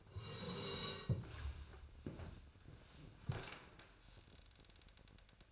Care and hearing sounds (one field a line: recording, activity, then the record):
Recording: daily activity, microphone in the room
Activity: sit down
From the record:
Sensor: 2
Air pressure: 1000.3 hPa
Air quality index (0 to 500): 160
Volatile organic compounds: 3 ppm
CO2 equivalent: 1342 ppm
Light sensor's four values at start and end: 9/18/8/9 and 8/19/8/9